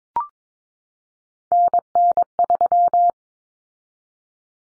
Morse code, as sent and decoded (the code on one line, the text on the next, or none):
-. -. ...--
NN3